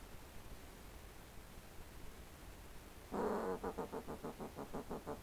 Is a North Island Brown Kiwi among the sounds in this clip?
no